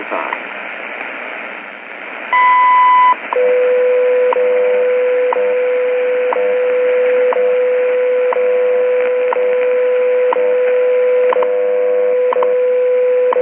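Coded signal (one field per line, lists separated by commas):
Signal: radio time signal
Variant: WWV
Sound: long high beep, then a steady low hum with clicks every second, about 10 clicks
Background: radio static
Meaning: The long 1000 Hz tone marks the start of a minute; each tick marks one second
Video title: Shortwave Radio: WWV - Time Signal Station - 5000khz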